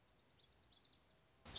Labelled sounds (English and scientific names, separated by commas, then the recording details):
Lazuli Bunting (Passerina amoena)
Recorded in Sonoma County, California